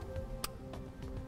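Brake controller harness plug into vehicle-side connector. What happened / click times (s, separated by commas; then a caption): The wiring connector clicked together / 0.4 s. A Tekonsha Prodigy P2 trailer brake controller's wiring plug, fed up through a plastic pocket in a 2007 Chevrolet Express Van, is lined up by its locking tab and pushed into the vehicle-side connector. A sharp click at 0.4 s marks the plug seating, followed by two fainter taps near 0.7 and 1.0 s over a steady background hum. The connector is locked together.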